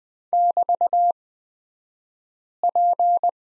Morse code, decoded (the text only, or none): <BT>P